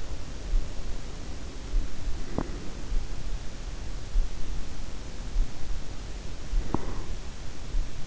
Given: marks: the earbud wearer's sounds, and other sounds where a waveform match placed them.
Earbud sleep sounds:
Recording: sounds in sleep by an in-ear microphone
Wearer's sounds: breath, teeth grinding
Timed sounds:
0.73-3.23 s: breath
2.29-2.56 s: teeth grinding
5.44-8.07 s: breath
6.61-6.97 s: teeth grinding

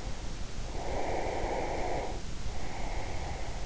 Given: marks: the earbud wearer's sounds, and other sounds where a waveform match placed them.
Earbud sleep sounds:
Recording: sounds in sleep by an in-ear microphone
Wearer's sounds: breath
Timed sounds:
0.51-3.55 s: breath

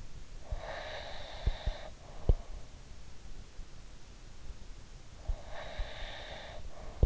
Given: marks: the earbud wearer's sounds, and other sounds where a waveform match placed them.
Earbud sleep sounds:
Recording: sounds in sleep by an in-ear microphone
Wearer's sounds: breath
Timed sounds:
0.34-2.42 s: breath
5.34-7.06 s: breath

